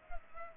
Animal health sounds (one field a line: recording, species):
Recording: mosquito wingbeat signal from an infrared sensor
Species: Culex pipiens